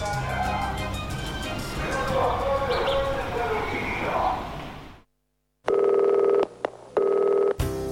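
A burst of dense, noisy background sound cuts to silence, then steady electronic telephone keypad tones follow: two sustained beeps split by short gaps and a quick blip, loud and even.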